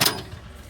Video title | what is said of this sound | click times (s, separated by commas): The MobiFrame Bed Explained - Is It Worth It? Full Review! | That locks into place. | 0.0 s